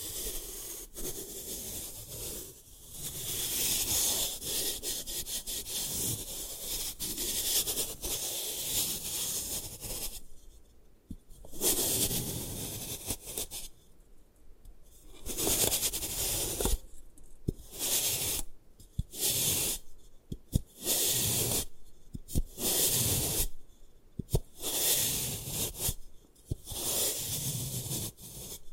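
Gym chalk is crushed and rubbed, first in a steady gritty scrape, then after ten seconds in choppy bursts of crumbling with brief pauses.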